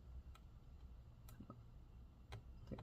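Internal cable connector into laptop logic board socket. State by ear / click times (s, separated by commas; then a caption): seated / 1.3 s, 1.5 s. An internal cable connector on the logic board of a 16-inch MacBook Pro A2141, near the antennas, is lined up and pressed into its socket. Small, sharp clicks sound at 1.3 s and 1.5 s over a low background hum, with a few fainter ticks at 0.4 s and around 2.7 to 2.8 s. The connector is confirmed seated.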